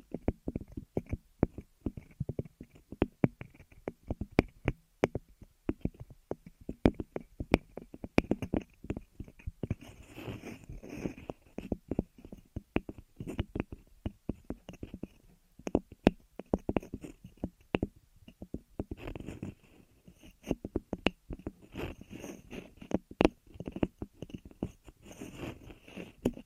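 Ear massage and cleaning sounds: a steady run of soft, quick rubbing and crackling taps that fill the whole stretch. The clicks come densely and irregularly, with busier, hissier bursts of scratching around 10 and 19 seconds, over a low muffled rumble.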